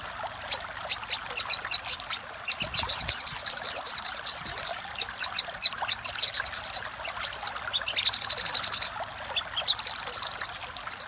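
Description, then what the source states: Little spiderhunter singing varied bursts of high, sharp chips and quick trills, irregularly spaced, with short pauses between phrases. Master recording used for training cage birds.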